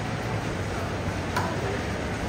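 Someone sets a steel foothold trap, compressing its springs partly with the feet and placing the trigger dog in the pan notch. Over steady low background noise, a single sharp metallic click at 1.4 s marks the dog catching on the pan. The trap is now held in its set position, ready to fire.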